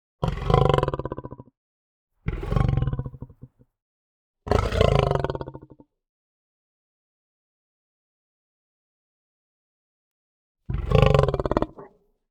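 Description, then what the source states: Lion growls: four long, deep rumbling growls of about one to one and a half seconds each, three close together, then a long silence before the last. Calm, long growl.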